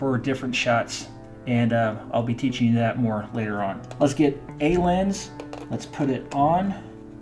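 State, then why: Not seated. A camera lens is being handled toward the DSLR body mount, ready to be twisted clockwise until its bayonet locks. Someone talks over soft guitar music throughout, and nothing has seated or clicked yet.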